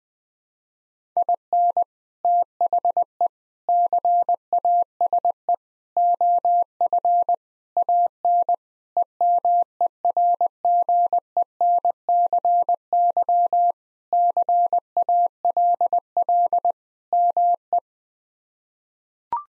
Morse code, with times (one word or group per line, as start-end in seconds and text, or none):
1.2-1.8 IN
2.2-3.3 THE
3.7-5.5 CASE
6.0-7.3 OF
7.8-8.5 AN
9.0-13.7 EMERGENCY
14.1-16.7 CALL
17.1-17.8 ME